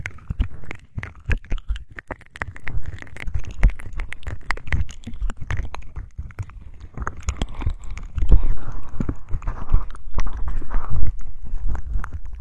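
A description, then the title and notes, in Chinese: Crackling ear-cleaning sounds with a damp cotton swab, ear tool and toothpick, plus soft scratching at a cat's ear. Dense bursts of scraping and sharp clicks come every fraction of a second, over a low, muffled rumble, growing busier after the eighth second. 触发音 ‘湿棉棒+耳镜+牙签+抓猫耳朵’。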